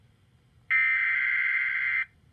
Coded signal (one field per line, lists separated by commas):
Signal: Emergency Alert System (SAME) tones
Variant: header bursts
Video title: Severe Thunderstorm Warning #6 (EAS #85)